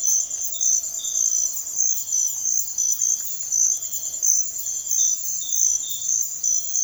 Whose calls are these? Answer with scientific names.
none